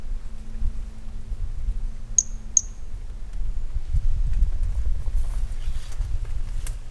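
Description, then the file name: Brachycephalus mirissimus call: two very high, short tonal chirps about half a second apart, over a constant low rumble of background noise. A single individual recorded on 18 January 2018; the specimen was collected. "Brachycephalus mirissimus 18 jan 18 individual. M R Bornschein"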